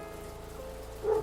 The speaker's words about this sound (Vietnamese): Tiếng mưa lầm rầm trên mái nhà cùng với tiếng sóng biển đập vào bãi đá dần dần đưa Tâm chìm vào giấc ngủ.